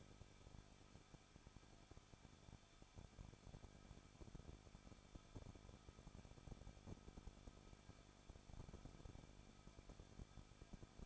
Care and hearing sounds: daily activity, microphone in the room; no activity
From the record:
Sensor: 5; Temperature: 20.8 degrees Celsius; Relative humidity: 38.2%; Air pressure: 1006.6 hPa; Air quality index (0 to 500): 186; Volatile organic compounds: 18 ppm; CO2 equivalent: 2611 ppm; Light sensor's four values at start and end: 2/3/1/1 and 2/3/1/1

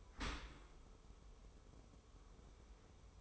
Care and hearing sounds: daily activity, microphone in the room; open dishwasher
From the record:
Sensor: 1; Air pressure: 1014.9 hPa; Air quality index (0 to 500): 26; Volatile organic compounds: 1 ppm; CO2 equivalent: 506 ppm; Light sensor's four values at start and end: 13/30/12/14 and 13/30/12/13

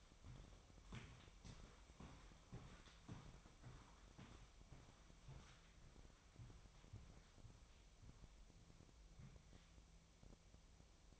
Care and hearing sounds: daily activity, microphone in the room; walk to room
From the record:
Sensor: 1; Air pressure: 999.4 hPa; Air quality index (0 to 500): 197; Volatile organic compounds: 39 ppm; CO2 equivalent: 3134 ppm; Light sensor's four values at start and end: 9/23/9/10 and 9/23/9/10

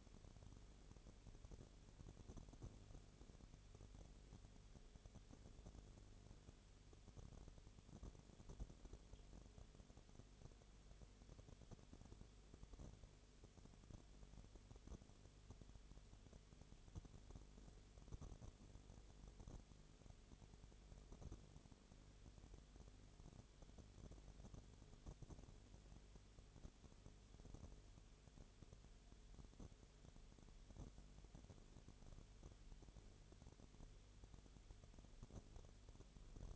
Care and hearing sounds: daily activity, microphone in the room; no activity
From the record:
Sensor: 4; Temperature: 22.0 degrees Celsius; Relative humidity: 29.6%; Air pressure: 1002.1 hPa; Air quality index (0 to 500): 60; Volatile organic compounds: 1 ppm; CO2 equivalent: 610 ppm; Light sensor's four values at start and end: 2/3/1/1 and 2/3/1/1

